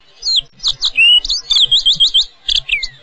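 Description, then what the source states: Fox sparrow song: a quick, varied run of bright high whistles and slurred notes with sweeping downward and upward inflections, lasting about three seconds. Recorded in northwestern California.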